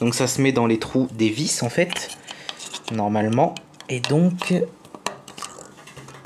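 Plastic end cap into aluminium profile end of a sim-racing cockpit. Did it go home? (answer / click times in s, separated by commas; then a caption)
yes / 5.1 s. A plastic cover cap engraved with the brand name is pushed into the screw hole at the end of an aluminium profile on a sim-racing cockpit frame while someone talks. A sharp click is heard at 5.1 seconds as the cap clips in, followed by a few faint taps, and the cap is seated.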